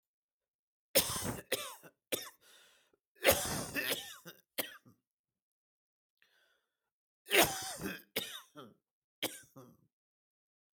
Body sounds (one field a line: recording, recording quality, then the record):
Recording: heavy voluntary cough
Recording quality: excellent, no background noise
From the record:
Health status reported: healthy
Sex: male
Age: 43 years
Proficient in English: yes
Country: India